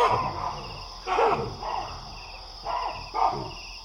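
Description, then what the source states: Harsh baboon barks repeated five times in quick succession, rough and descending in pitch, while insects chirp continuously. Baboons roosting in a big tree at nightfall, sensing a distant predator and sounding the alarm; Wassadou, Niokolo Koba National Park, Eastern Senegal, West Africa; 13 November 2017.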